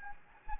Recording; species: mosquito wingbeat signal from an infrared sensor; Anopheles gambiae